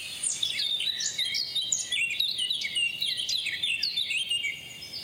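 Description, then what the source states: Eurasian Blackcap song, a fast run of varied warbling notes sweeping up and down, continuous for the whole stretch, over a faint steady background hiss. Song opens with an imitation of European pied flycatcher, then continues as normal blackcap song.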